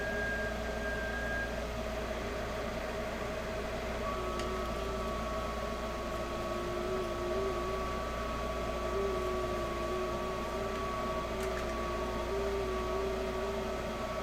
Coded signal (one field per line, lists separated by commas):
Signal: FT8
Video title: ham radio live: 6m ft8